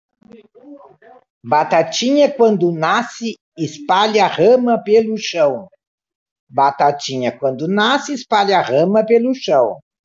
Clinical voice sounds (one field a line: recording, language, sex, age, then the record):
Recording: short text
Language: Brazilian Portuguese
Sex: female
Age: 60 to 69 years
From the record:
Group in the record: control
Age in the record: 63 years